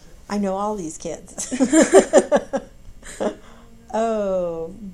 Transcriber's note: laughter